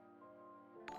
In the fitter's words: Cuz that was a sn That was a solid click. That was a solid click.